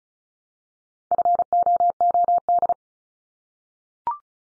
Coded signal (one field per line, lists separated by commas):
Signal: Morse code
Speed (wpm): 36 wpm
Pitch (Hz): 700 Hz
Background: none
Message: FOOD